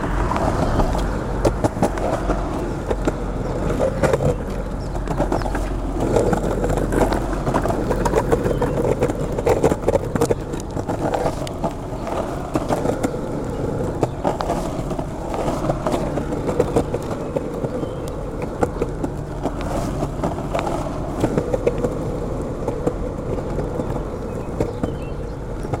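Skateboard wheels roll steadily along a city street, a continuous low rumble that stays dense and unbroken for the whole stretch. Frequent small clacks and bumps from the board hitting cracks and seams punctuate the roar, with faint traffic noise underneath.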